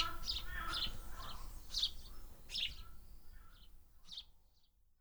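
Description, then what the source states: Swallow chirps: short bright twittering notes in bursts, fading out toward the end. Nest in an air vent.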